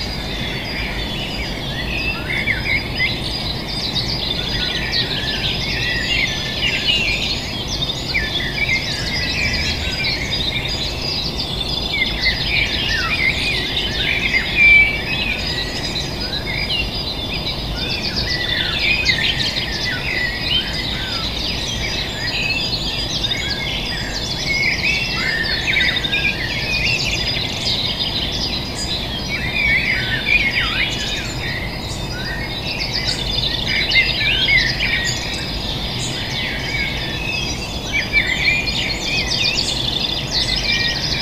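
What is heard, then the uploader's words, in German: Birds call and chirp almost without pause, a dense, overlapping chorus of bright tweets that swells and thins in waves but never stops across the forty seconds. Underneath runs a steady low rumble of background noise, like wind or traffic. Morgens um viertel nach fünf Uhr im Rheinland. Vögel.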